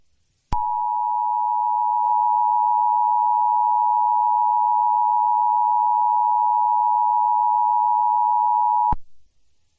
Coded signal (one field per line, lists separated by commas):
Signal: Emergency Alert System (SAME) tones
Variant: 853 and 960 Hz attention tone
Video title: EAS Scenario | DONT LOOK AT THE SKY |